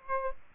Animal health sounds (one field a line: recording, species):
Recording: mosquito wingbeat signal from an infrared sensor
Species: Aedes aegypti